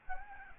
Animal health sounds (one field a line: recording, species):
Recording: mosquito wingbeat signal from an infrared sensor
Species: Aedes albopictus